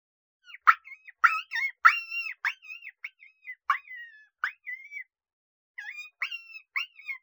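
Coyote pups whining and yipping, high thin tonal calls that bend up and down, given in a quick series of short bursts with brief pauses.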